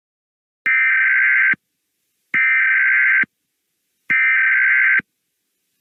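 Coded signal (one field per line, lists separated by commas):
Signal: Emergency Alert System (SAME) tones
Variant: header bursts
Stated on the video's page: Fictional EAS scenario alert about war in the USA.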